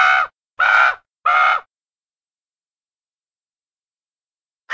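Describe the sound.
Raven giving three harsh, hoarse croaks in quick succession, each under half a second long, then a pause before another croak starts at the very end.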